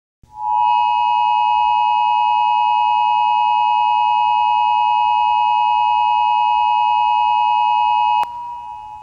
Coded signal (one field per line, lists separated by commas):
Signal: Emergency Alert System (SAME) tones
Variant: 853 and 960 Hz attention tone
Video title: EAS Scenario #16 - SCP Revolution